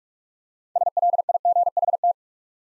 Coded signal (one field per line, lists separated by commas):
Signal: Morse code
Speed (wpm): 44 wpm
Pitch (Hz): 700 Hz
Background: none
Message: SLIGHT